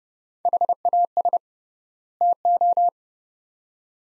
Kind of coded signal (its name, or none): Morse code